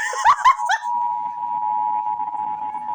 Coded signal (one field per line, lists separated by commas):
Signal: Emergency Alert System (SAME) tones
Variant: 853 and 960 Hz attention tone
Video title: EAS CATCH: National Periodic Test